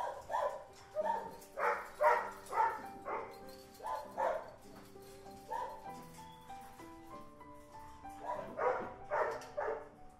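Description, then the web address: Dog barking repeatedly, roughly twice a second, in bursts with a short pause midway, over a steady tonal drone. Recorded inside a dog boarding house. "sound dog-boarding-house. صدای-فضای-داخلی-پانسیون-سگها"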